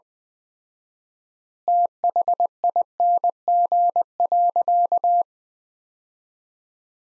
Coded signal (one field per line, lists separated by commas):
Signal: Morse code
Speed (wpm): 20 wpm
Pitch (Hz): 700 Hz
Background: none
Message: THING.